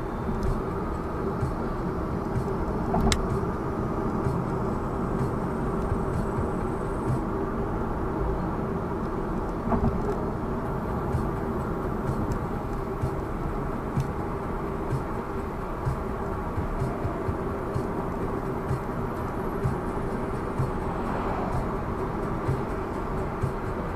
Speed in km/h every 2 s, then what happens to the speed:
77, 76, 78, 80, 80, 81, 82, 84, 85, 85, 90, 90.
0-24 speeds up to 90.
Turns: none.